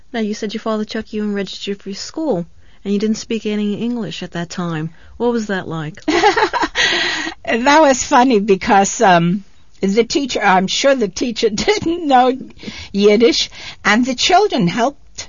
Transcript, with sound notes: Now, you said your father took you and registered you for school, and you didn't speak any English at that time. What was that like?
( she laughs ) That was funny, because the teacher, I'm sure the teacher didn't know Yiddish, and the children helped.